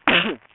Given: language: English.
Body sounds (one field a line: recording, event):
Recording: throat vibration sensor signal played as sound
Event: cough